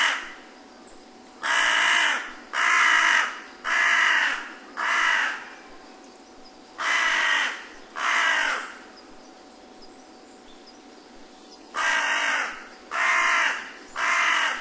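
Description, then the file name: Carrion crow giving harsh, raspy caws, first a run of four about a second apart, then a pair, then three more after a pause, over a quiet background. "hasiboso"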